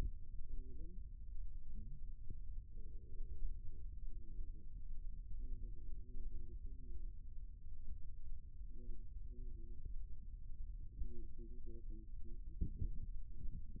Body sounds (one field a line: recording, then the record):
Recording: forearm muscle sounds (acoustic myography)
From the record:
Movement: rest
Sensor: system 2, bracelet of six BSWA MPA416 microphones around the upper forearm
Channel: 3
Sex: male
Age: 22 years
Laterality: right